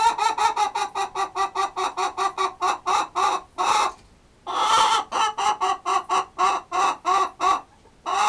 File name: chicken noises